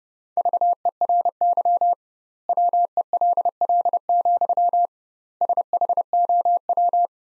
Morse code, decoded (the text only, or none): VERY WELL, SHOW